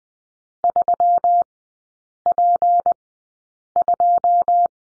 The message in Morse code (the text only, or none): 3P2